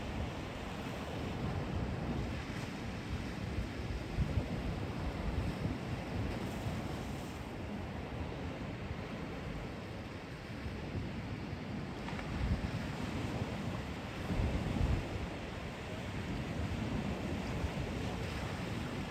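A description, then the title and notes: Waves wash onto a beach after dark in a steady, dense roar that sits mostly low and rumbling. Gentle swells rise a little around the fifth, twelfth and fifteenth seconds without sharp crashes, and a soft wind buffets the microphone throughout. Waves and beach after sundown.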